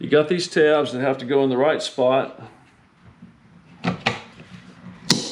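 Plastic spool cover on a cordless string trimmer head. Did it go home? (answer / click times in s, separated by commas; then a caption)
yes / 5.1 s. A plastic spool cover is lined up by its tabs and pushed onto the head of a 40V Kobalt cordless string trimmer while someone talks. After a quieter stretch with a few handling knocks near 3.9 and 4.1 seconds, a sharp snap at 5.1 seconds marks the cover seating in place.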